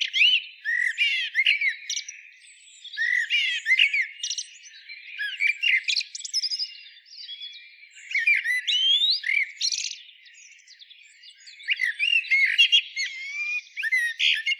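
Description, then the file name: Common blackbird song in separate strophes about every three seconds, each a rapid jumble of slurred whistles and high squeaky twitters, with quiet gaps between. "Turdus merula"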